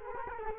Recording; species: mosquito wingbeat signal from an infrared sensor; Culex quinquefasciatus